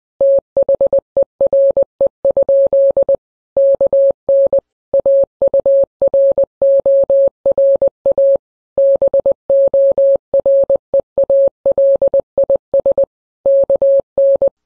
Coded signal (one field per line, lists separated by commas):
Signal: Morse code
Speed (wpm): 20 wpm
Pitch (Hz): 550 Hz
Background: none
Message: THERE? KN AURORA BOREALIS KN